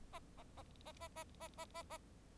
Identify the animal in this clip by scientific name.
Lonchura striata domestica